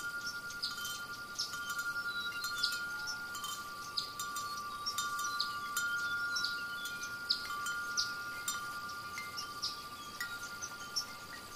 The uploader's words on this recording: Calming Birds and Chimes Sound for Meditation. The tranquil sound of rattling chimes and singing birds.